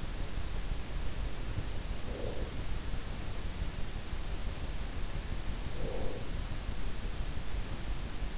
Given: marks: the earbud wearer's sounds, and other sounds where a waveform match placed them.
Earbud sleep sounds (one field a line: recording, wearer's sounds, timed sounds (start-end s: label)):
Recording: sounds in sleep by an in-ear microphone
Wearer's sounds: breath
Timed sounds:
1.91-2.93 s: breath
5.47-6.50 s: breath